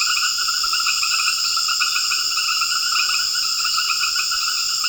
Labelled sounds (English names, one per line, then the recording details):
none
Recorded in secondary vegetation near Puerto Asís, Putumayo, Colombia, on 12 March 2025 at 20:00
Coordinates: 0.488, -76.319
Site G095